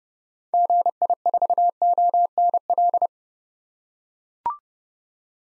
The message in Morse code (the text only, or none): GI4ONL